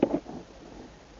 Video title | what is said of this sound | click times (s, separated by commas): How To Install Wireless CarPlay/Android Auto On Audi A5 B8 MMI 3G Plus | this male from, when it snaps in place, make sure it's locked. | 0.0 s